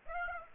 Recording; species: mosquito wingbeat signal from an infrared sensor; Aedes aegypti